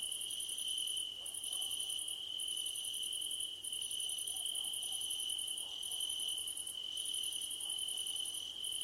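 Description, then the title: Crickets calling together, a constant shrill trill beneath repeated bursts of fast, very high chirping with brief gaps between them, and a few faint low sounds. Crickets at night under a starlit sky. "Nighttime Ambience with Crickets"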